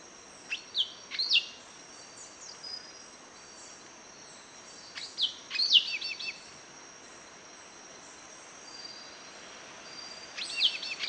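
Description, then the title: Yellow-green grosbeak song: short high sweeping phrases at about 1, 5.5 and 10.5 seconds, over a steady high insect drone throughout. Subspecies frontalis. "LuckyPassaro Completos2Sama. Yellow-green Grosbeak (Caryothraustes canadensis frontalis)"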